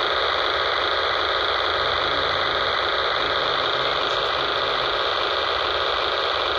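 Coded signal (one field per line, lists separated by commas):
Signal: digital voice data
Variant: P25 control channel, C4FM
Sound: steady harsh buzzing hiss of continuous digital data, unchanging for the whole clip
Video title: 153.170 MHz - First Energy P25 Trunking System Fork Mountain CC - System ID 89A NAC 89A WACN 01DB6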